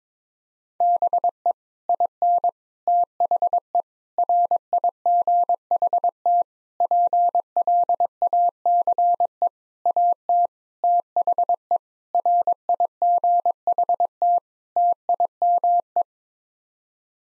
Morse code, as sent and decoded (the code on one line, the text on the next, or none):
-... . / .. -. / - .... . / .-. .. --. .... - / .--. .-.. .- -.-. . / .- - / - .... . / .-. .. --. .... - / - .. -- .
BE IN THE RIGHT PLACE AT THE RIGHT TIME